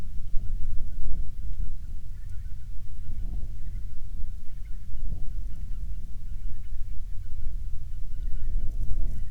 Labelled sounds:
waterfowl
wind
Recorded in the Prudhoe Bay oil fields, Alaska, on 21 June 2019 at 09:41
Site 22

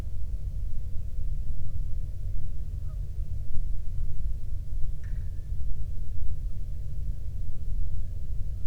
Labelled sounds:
waterfowl
man-made sound
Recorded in the Prudhoe Bay oil fields, Alaska, on 13 June 2019 at 00:14
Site 24

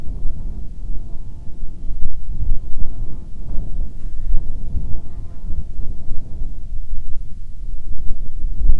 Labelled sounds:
wind
insects
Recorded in the Prudhoe Bay oil fields, Alaska, on 10 July 2019 at 13:59
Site 14

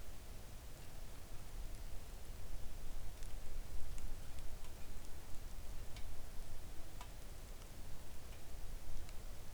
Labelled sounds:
rain
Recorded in the Arctic National Wildlife Refuge, Alaska, on 3 August 2019 at 05:46
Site 41

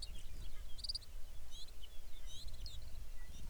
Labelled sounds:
songbird
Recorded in the Arctic National Wildlife Refuge, Alaska, on 23 May 2019 at 05:02
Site 49

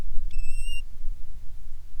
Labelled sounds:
bird
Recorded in the Prudhoe Bay oil fields, Alaska, on 10 July 2019 at 10:12
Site 11

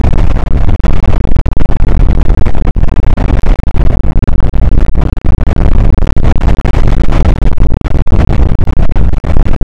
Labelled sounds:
wind
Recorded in the Prudhoe Bay oil fields, Alaska, on 8 May 2019 at 00:03
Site 24

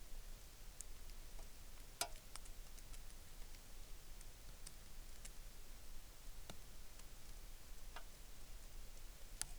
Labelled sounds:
rain
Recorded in the Arctic National Wildlife Refuge, Alaska, on 3 August 2019
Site 33

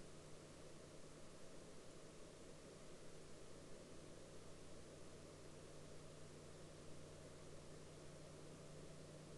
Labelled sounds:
near silence
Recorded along the Dempster Highway, Canada, on 14 October 2019 at 16:02
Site 13

